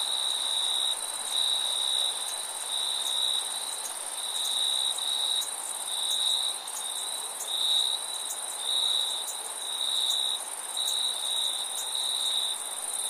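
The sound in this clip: Cricket chirping in repeated high bursts, over a constant shrill higher insect hum.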